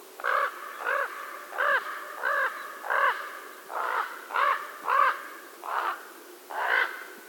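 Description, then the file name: Common raven croaking repeatedly, about ten hoarse, throaty caws spaced roughly every half second to second. "Holló"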